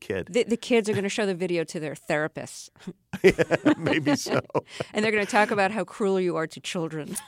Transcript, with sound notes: The kids are going to show the video to their therapists.
Yeah. Maybe so.
(LAUGHTER)
And they're going to talk about how cruel you are to children.